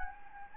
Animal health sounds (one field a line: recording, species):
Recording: mosquito wingbeat signal from an infrared sensor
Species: Anopheles gambiae